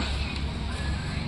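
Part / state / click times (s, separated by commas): spring lock clip into headlamp bulb holder / not seated / none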